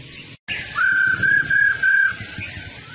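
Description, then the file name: Laughingthrush giving one run of four or five bright, even whistled notes at a steady pitch, with a low background drone. Female bird; sound used to stimulate male birds to sing. "Tieng khuou mai ro kich trong hot"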